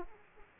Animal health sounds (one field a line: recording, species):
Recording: mosquito wingbeat signal from an infrared sensor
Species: Aedes aegypti